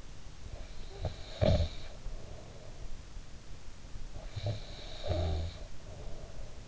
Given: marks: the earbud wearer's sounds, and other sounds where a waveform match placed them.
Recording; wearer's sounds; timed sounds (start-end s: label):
sounds in sleep by an in-ear microphone; snoring breath
0.38-2.89 s: snoring breath
4.09-6.68 s: snoring breath